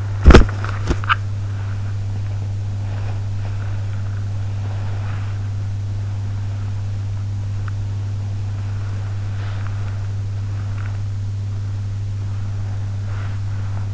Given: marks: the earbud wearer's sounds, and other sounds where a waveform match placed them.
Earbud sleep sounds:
sounds in sleep by an in-ear microphone; body movement
0.00-13.94 s: body movement
0.21-1.21 s: sound from someone else or the room

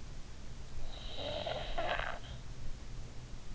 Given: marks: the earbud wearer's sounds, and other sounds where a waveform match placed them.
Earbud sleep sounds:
sounds in sleep by an in-ear microphone; snoring breath
0.85-3.13 s: snoring breath

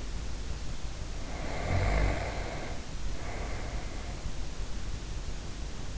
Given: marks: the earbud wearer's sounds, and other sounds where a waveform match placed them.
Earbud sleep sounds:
sounds in sleep by an in-ear microphone; snoring breath
1.28-4.41 s: snoring breath

